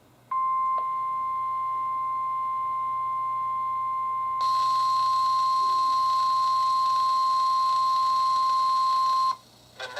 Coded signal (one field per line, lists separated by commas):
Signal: Emergency Alert System (SAME) tones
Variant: 1050 Hz attention tone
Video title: EAS #34-#42: Two Double Headers and Emergency Management | KHB36